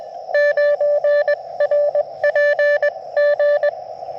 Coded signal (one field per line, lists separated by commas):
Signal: Morse code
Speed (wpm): 21 wpm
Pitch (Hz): 580 Hz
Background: radio noise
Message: 9RPG